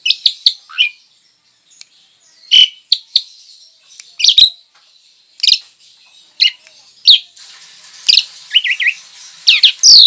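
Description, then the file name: Javan pied starling giving scattered sharp chirps and short whistles with pauses, then a quicker burst of wavering whistled notes near the end. Lure song, known locally as pancingan. "suara pancingan jalak suren"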